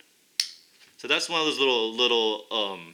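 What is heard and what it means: A Camillus folding knife blade is opened and locks into its handle with a single sharp, loud click at 0.4 s. Someone then talks from about 1.0 s to the end. The blade is seated and locked open.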